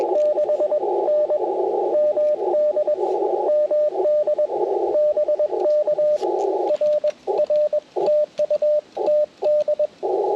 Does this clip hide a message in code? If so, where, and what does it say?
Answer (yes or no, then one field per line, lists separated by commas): yes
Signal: Morse code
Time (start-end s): 0.2-9.9 s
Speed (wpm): 20 wpm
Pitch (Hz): 600 Hz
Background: radio noise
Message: 6N MD MD BK RR TU TD